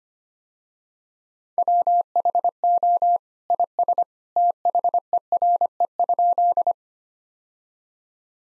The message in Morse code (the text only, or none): WHO IS THERE?